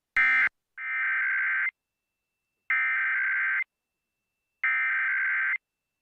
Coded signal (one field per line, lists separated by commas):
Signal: Emergency Alert System (SAME) tones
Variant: header bursts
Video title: Iowa State Emergency Alert System Tests - January 2nd, 2019